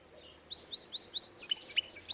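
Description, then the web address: Canary song opening with a series of rising whistled notes, then breaking into quicker chirps and trills. "Golchin Best Canari Seda Canari. Niyaz Music)"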